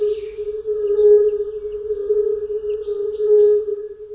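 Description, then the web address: European fire-bellied toads calling together in a continuous soft, low, fluting drone, with faint bird chirps and whistles over the top. "Tajemnice puszczy Kumak nizinny"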